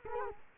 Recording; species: mosquito wingbeat signal from an infrared sensor; Culex quinquefasciatus